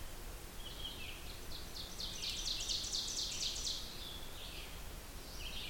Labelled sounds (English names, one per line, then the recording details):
Ovenbird song
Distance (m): 70 m
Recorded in boreal forest in Alberta, Canada, on 16 June 2016 at 08:30
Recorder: SongMeter 3, array SBT-3-32
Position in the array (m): 162 m, 33 m
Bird 36